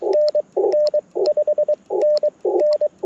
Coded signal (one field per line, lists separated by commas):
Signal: Morse code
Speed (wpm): 22 wpm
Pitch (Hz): 590 Hz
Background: radio noise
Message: NN 5NN